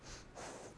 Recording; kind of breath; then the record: one breath in and out by a microphone near the nose and mouth; strong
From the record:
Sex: female